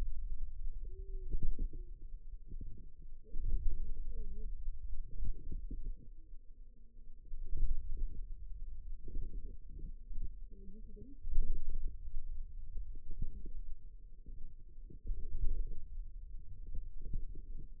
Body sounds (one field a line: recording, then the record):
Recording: forearm muscle sounds (acoustic myography)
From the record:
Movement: pen grasping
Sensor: system 2, bracelet of six BSWA MPA416 microphones around the upper forearm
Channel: 4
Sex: female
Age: 21 years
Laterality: right